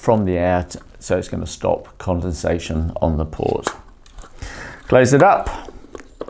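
Someone talks while closing the back of a plastic SeaLife SportDiver underwater smartphone housing after placing a moisture-absorbing capsule inside to stop condensation. Brief handling taps and rustles are heard around 4.1–4.4 s and 6.0–6.3 s. The clip ends before the housing lid latch clicks shut, so nothing has seated or clicked yet.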